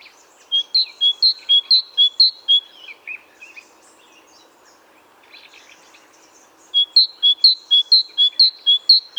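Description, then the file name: Great tit song: high, bright two-note phrases repeated rapidly several times, a pause with soft chatter, then another matching run of two-note phrases. "Parus major"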